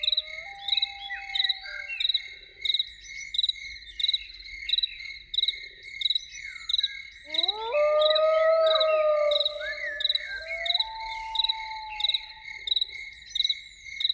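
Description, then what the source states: Loon giving a long, sustained wail that steps upward in pitch and holds, over a constant background of pulsing, chirping insects. Evening.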